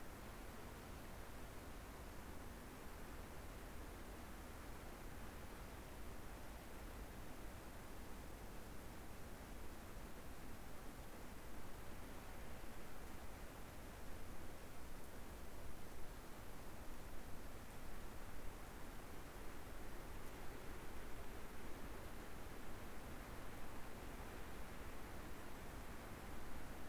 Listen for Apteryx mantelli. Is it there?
no